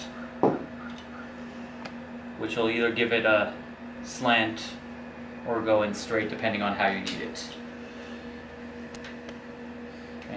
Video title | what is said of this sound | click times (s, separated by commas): Kreg Accucut Setup and Review - Step by Step Setup | you might have to pop out this piece which | 0.4 s